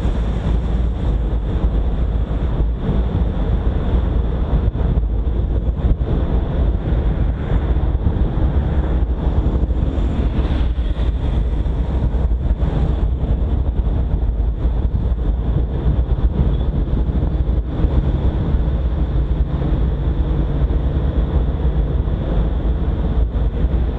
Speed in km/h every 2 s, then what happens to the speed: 46, 45, 44, 41, 40, 38, 38, 39, 40, 40, 42, 43.
0-10 slows to 38. 10-24 steady at about 40.